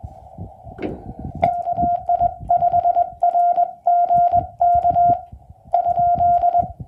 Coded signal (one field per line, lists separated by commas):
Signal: Morse code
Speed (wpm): 21 wpm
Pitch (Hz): 700 Hz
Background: none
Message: KI5RGK ?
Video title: CW POTA-Activation US-3062